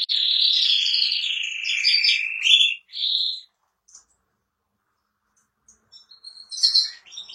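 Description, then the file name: Canary delivering rolling trills and a short whistled tour, followed by near silence and a few faint chirps near the end. Spanish giboso canary singing. "canto do canario giboso espanhol"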